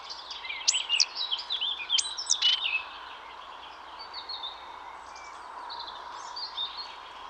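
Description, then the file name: Great tit calls, two clipped high notes each followed by a rasping buzzy churr, then quieter twittering. "Parus major"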